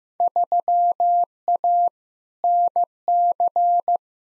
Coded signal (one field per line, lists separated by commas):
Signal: Morse code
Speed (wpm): 15 wpm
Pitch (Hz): 700 Hz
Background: none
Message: 3A NC